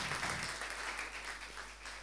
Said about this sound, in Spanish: Así que le damos un fuerte aplauso al Señor.